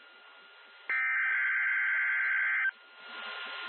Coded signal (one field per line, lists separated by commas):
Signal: Emergency Alert System (SAME) tones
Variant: header bursts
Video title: 3-31-2023 11.50am high risk day. Wxj73 eas pds tornado watch 93